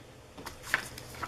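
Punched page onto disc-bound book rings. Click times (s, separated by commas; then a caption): 0.5 s, 0.7 s, 1.0 s. A punched recipe-book page is pressed with both hands onto the plastic discs of a disc-bound book. Several short snaps are heard at about 0.5 s, 0.7 s and 1.0 s, with the loudest at 0.7 s. The page is seated on the discs.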